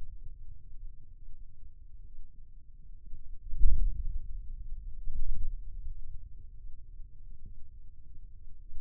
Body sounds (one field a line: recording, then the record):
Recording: forearm muscle sounds (acoustic myography)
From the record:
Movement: hand closing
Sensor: system 2, bracelet of six BSWA MPA416 microphones around the upper forearm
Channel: 6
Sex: male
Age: 22 years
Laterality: right